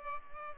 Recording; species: mosquito wingbeat signal from an infrared sensor; Culex pipiens